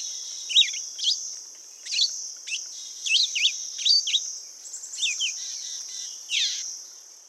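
Red-eyed vireo song, a series of short slurred whistled phrases with brief gaps, over a constant high-pitched insect chorus.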